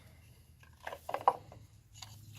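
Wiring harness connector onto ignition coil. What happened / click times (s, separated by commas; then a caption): The harness connector clicked onto the coil / 1.3 s. The fourth wiring harness connector is pushed onto its ignition coil on a 2009-2017 Mitsubishi Lancer, with a few light taps and rustles around 0.9, 1.1 and 2.0 seconds. A sharp click at 1.3 seconds marks the connector seating on the coil.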